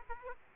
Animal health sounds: mosquito wingbeat signal from an infrared sensor; Aedes aegypti

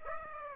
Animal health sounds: mosquito wingbeat signal from an infrared sensor; Aedes aegypti

